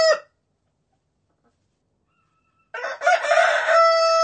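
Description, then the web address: Chicken: the cut-off end of a rooster crow, a long silence, then a fresh loud, harsh crow ending in a held note and cut short at the end. Rooster ringtone. "kogut"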